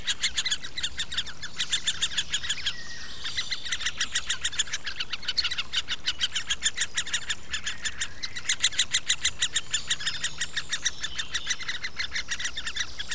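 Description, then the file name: Great spotted woodpecker nestlings giving a steady chatter of rapid, high, buzzy calls, about three per second. An adult feeding its nestlings. "nagy fakopáncs fiókáit eteti"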